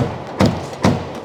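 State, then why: Not seated. The bonnet of a 1978 Daimler Sovereign 4.2 saloon is pushed down onto its latches, driving the latch pins into the bonnet catches, and lands with two dull thuds at about 0.4 and 0.8 seconds. The pins go all the way down, but the catch does not latch, and nothing has clicked or seated.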